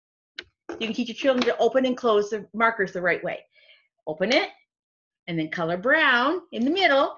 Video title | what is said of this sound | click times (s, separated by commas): Coffee filter Flowers | sure where they put the cap on they can put it on and then push it on the table till it clicks hear the click | 0.4 s